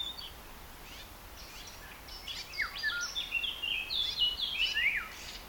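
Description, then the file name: Red-backed shrike chattering: a rapid, scratchy run of short high notes with quick downward slurs, growing louder and busier toward the end. Voice of the bird. "tovisszuro-gebics-hangja -tovisszuro-gebics-Lanius-collurio"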